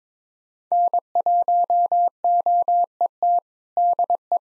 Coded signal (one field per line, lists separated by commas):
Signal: Morse code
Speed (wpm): 21 wpm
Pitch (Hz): 700 Hz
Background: none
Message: N1OET DE